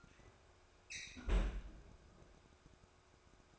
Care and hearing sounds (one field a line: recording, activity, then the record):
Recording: daily activity, microphone in the room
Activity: close fridge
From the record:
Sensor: 2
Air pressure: 1004.5 hPa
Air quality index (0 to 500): 184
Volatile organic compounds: 10 ppm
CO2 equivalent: 2208 ppm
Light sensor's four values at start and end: 4/11/4/4 and 4/11/4/4